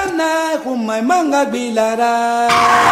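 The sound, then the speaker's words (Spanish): A loud car skid screeches for a couple of seconds, its squealing pitch wavering and stepping, then breaks into a sudden noisy crash at the end. “Le puse la señal y me rompió el carro, hermano.”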